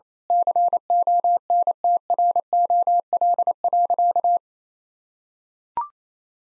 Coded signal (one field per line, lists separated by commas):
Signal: Morse code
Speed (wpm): 27 wpm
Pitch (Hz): 700 Hz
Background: none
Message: CONTROL.